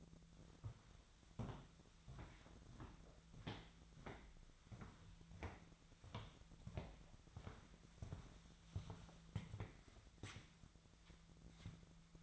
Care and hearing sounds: daily activity, microphone in the room; walk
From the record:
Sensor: 3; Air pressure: 1008.2 hPa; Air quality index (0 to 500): 192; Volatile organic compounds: 14 ppm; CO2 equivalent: 2469 ppm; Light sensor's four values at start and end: 15/36/15/15 and 14/33/14/14

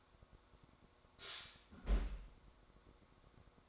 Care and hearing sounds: daily activity, microphone in the room; close fridge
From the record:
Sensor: 3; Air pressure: 1004.6 hPa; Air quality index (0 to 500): 191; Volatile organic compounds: 13 ppm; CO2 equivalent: 2402 ppm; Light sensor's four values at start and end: 5/13/5/5 and 5/13/5/5

